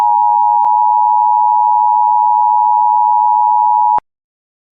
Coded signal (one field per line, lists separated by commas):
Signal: Emergency Alert System (SAME) tones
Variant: 853 and 960 Hz attention tone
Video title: (EAS MOCK) The Montana Burglars